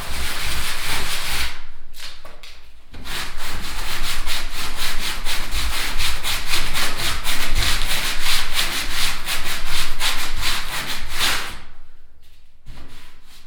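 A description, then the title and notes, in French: Someone hand-sands a plaster wall with steady back-and-forth strokes, a dry scratchy rasp repeating about twice a second. Brief pauses break the rhythm near two and three seconds and again around twelve seconds. The sound is bright and gritty. Poncage manuel d'un mur en plâtre. Avril 2010, Couternon.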